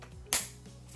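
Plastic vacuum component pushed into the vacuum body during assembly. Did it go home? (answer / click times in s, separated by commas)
yes / 0.3 s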